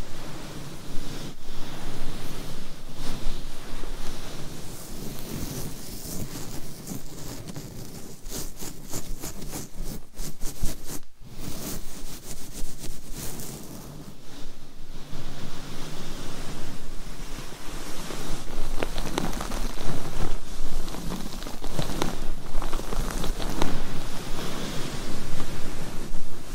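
Microphone scratching fills the whole recording with a dense, rough hiss that swells and fades like surf or wind. Quick sharp scrapes come in bursts, most tightly packed around the ten- to twelve-second mark, and the level stays busy and uneven throughout.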